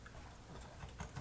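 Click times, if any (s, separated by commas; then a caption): 0.1 s, 1.0 s. The bottom bracket "wing" of a drone controller mount is pushed into the openings on the remote controller's handles. Two short snaps are heard, at 0.1 s and 1.0 s, over a low, steady rustling background. The bracket seats, snapping in and shouldering up against the controller.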